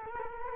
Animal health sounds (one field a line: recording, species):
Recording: mosquito wingbeat signal from an infrared sensor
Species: Culex quinquefasciatus